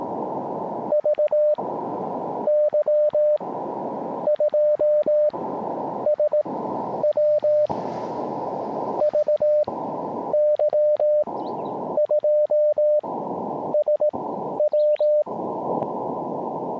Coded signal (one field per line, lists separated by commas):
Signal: Morse code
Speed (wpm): 18 wpm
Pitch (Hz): 600 Hz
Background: radio noise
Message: VY2SW VY2SW